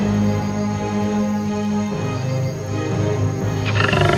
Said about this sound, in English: Then there is a roar. A lion walks out of the woods majestically.